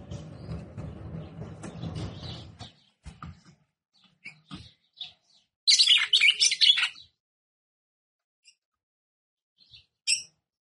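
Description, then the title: Red-cowled cardinal singing a harsh, chattering burst of high notes lasting about a second, then a short chirp near the end, after a stretch of low rumbling noise. Female red-cowled cardinal, described as "batendo fogo". "Canto Galo De Campina. Fêmea De Galo De Campina Batendo Fogo"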